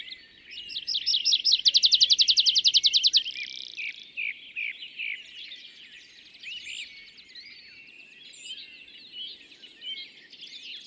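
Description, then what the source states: Tree pipit song opening with a fast, dry, rattling trill of even notes, then scattered sweet notes. Displaying tree pipit days back from migration, singing atop isolated tree by meadow, sometimes rising then parachuting down; La Sarcena, Val Drôme, France, 27 April 2020; Nagra Seven, MKH40.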